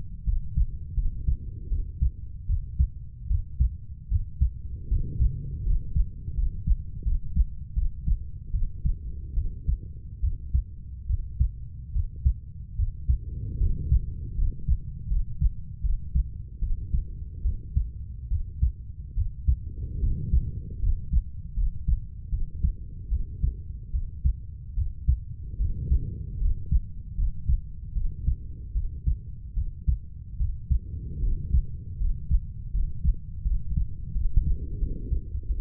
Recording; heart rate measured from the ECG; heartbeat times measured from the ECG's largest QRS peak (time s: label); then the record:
heart sounds by stethoscope; 77 bpm
0.25 s: heartbeat
0.95 s: heartbeat
1.69 s: heartbeat
2.47 s: heartbeat
3.28 s: heartbeat
4.09 s: heartbeat
4.89 s: heartbeat
5.64 s: heartbeat
6.35 s: heartbeat
7.03 s: heartbeat
7.74 s: heartbeat
8.52 s: heartbeat
9.34 s: heartbeat
10.21 s: heartbeat
11.07 s: heartbeat
11.93 s: heartbeat
12.76 s: heartbeat
13.59 s: heartbeat
14.36 s: heartbeat
15.08 s: heartbeat
15.82 s: heartbeat
16.60 s: heartbeat
17.42 s: heartbeat
18.29 s: heartbeat
19.15 s: heartbeat
20.00 s: heartbeat
20.80 s: heartbeat
21.55 s: heartbeat
22.30 s: heartbeat
23.09 s: heartbeat
23.91 s: heartbeat
24.75 s: heartbeat
25.58 s: heartbeat
26.39 s: heartbeat
27.16 s: heartbeat
27.93 s: heartbeat
28.73 s: heartbeat
29.54 s: heartbeat
30.37 s: heartbeat
31.21 s: heartbeat
31.98 s: heartbeat
32.71 s: heartbeat
33.43 s: heartbeat
34.12 s: heartbeat
34.78 s: heartbeat
35.46 s: heartbeat
From the record:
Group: healthy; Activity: rest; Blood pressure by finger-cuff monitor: 139/77 mmHg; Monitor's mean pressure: 93 mmHg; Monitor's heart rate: 76 bpm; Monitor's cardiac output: 6.6 L/min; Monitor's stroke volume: 85 mL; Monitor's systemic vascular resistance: 1030 dyn s/cm5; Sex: female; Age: 32 years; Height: 168 cm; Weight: 61.9 kg